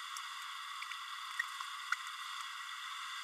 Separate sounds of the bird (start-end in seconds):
1.92-1.95